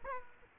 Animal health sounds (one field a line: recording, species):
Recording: mosquito wingbeat signal from an infrared sensor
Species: Aedes aegypti